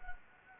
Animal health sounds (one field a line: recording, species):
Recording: mosquito wingbeat signal from an infrared sensor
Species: Anopheles gambiae